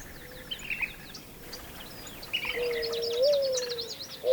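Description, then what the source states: Mourning Dove giving a soft, low, drawn-out coo that lifts briefly midway then falls, while songbirds chirp and twitter higher above. Year-round resident in the region and most of the country; haunting sound heard in the early morning and more often in the summer months.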